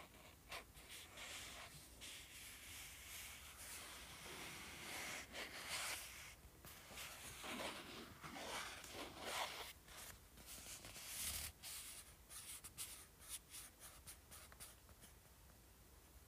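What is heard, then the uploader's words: Fingers scratch and tap on a paperback book in a continuous run of dry, papery scraping, with brief sharp taps scattered throughout. The texture is dense and bright, swelling a little in the middle and easing toward the end, over a low steady hum. ASMR Tapping and Scratching Paperback Book.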